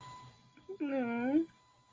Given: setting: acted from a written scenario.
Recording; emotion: vocal sound without words; sympathy